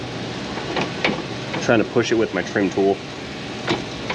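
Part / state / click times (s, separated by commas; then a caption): transmission cooler line quick-connect fitting retainer / not seated / none. A plastic trim tool pushes on the plastic retainer clip of the transmission cooler line quick-connect fitting on a Chevrolet Tahoe 5.3, making short sharp scraping taps around 1.1 s and 4.1 s over a steady low hiss. Someone talks in the middle of the clip. Nothing has seated or clicked home yet.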